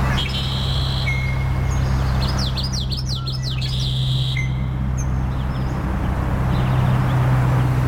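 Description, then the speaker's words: Common Yellowthroat song: a quick series of repeated wavering, zigzag notes in a rhythmic phrase, with thin whistled notes and a steady low hum. 'Twitchy, twitchy' song in a live Earth Day marsh broadcast on April 22 at 9:30, Tlokotoxin Marsh, Saturna Island, British Columbia, Canada. "Those are the sounds of the twitchy, twitchy song of the common yellowthroat."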